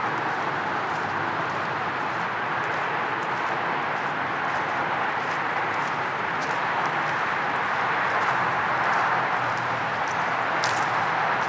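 Footsteps crunch steadily along a trail in Wahlfield Park, a dense, even scuffing that holds through the whole stretch, with faint ticks above.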